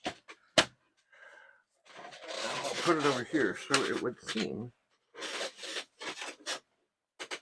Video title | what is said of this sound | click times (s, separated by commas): Commodore 128 Gathering Tidying Moving Shuffling Must Get Organized! C128 C-128 C64 - Episode 3561 | Line this up. Get it so it clicks in place. | 0.6 s